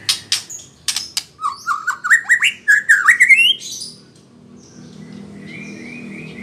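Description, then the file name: White-rumped shama song: sharp clicks, then a quick rising sequence of whistled notes, ending with a soft level whistle. Female. "murai batu betina"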